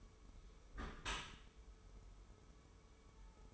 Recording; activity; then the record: daily activity, microphone in the room; close dishwasher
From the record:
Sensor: 1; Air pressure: 1015.0 hPa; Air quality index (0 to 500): 25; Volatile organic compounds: 0 ppm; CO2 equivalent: 503 ppm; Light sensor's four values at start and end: 13/30/12/14 and 13/30/12/13